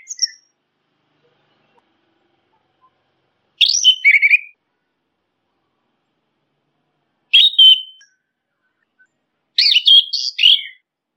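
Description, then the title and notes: Orange-headed thrush song in separate bursts every few seconds, each a tumbling mix of sweet whistles and scratchy notes, with silence in between. Training recording of song used for tutoring birds. "punglor kembang. Masteran Anis Kembang"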